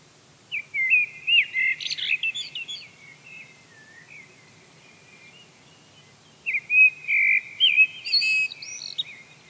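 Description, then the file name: Eurasian blackbird song: two mellow, warbled phrases about six seconds apart, the second ending in thin, squeaky high twitters. "Turdus merula"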